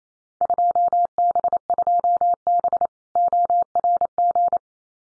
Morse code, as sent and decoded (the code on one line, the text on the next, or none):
..--- -... ..--- -... / --- .-. --.
2B2B ORG